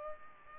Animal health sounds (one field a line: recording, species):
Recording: mosquito wingbeat signal from an infrared sensor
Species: Culex pipiens